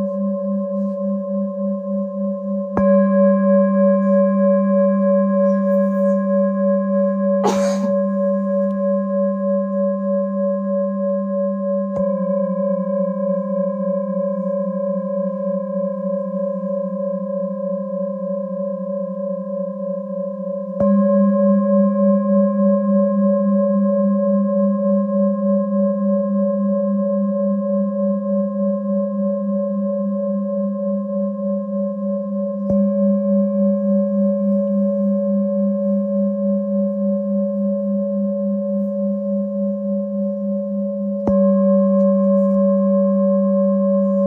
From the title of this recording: Harmonies of Tibetan Bowls